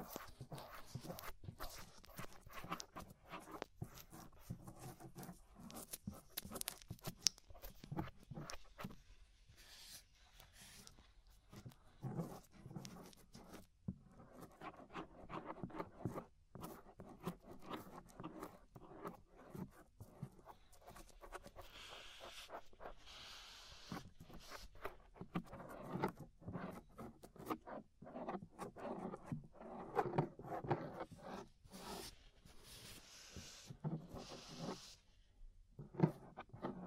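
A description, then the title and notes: Ear scraping runs through the whole 37 seconds as a dense series of short scratchy, rustling strokes, some crisp and bright, others duller and softer. The strokes come quickly and unevenly, with brief near-silent gaps scattered throughout, around 9, 14 and 35 seconds. Inner and Outer Ear Scraping (No Talking).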